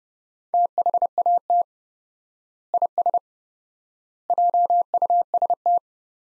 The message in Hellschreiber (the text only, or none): none